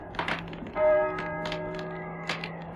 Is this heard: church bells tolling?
yes